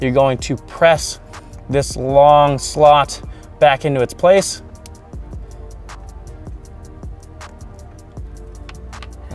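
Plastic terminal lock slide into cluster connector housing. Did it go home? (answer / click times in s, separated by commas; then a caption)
yes / 8.7 s. Someone talks while pressing the long plastic terminal-position lock slot back into the cluster connector housing after the pins are inserted, during a 2017+ digital cluster retrofit into a 2013–2016 FRS/BRZ. Small clicks and taps follow, and the lock snaps into place at 8.7 s. It sits flat again, with the pins locked in place.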